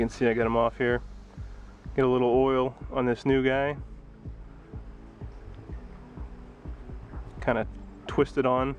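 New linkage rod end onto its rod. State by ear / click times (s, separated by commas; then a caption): not seated / none. Someone talks while oiling a new linkage rod end for a BMW and lining it up to twist it onto its rod, with a steady low hum and small handling taps underneath. Nothing has seated or clicked yet.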